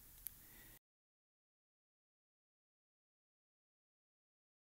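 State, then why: Seated. A black pump wire is pushed into the slot nearest the edge in the plastic wire connector of a Model 205 Ozone Monitor while changing an air pump. A single sharp click at 0.3 s stands out over a low steady hum, and the sound cuts off to silence after about 0.8 s. The wire locks into place in the connector.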